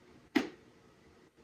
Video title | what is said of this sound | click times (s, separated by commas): September 23, 2024 | Maririnig mo yan. | 0.4 s